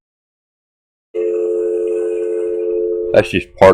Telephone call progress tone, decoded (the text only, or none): dial tone